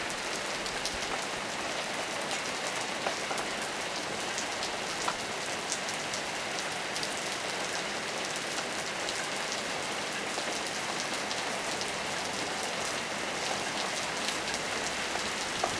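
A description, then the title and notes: Steady, dense rain falls on a hard surface, a constant hiss that stays bright and even throughout. Scattered sharper ticks of individual drops or small hailstones pop through the wash, with little low rumble beneath. Rain And Hail. On a Tascam DR-40 with a Pyle PDMIC35 shotgun mic.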